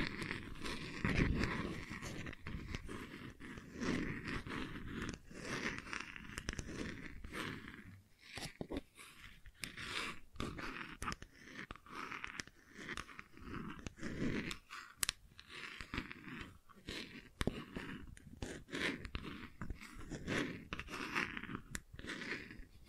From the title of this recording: ASMR Gentle Scratching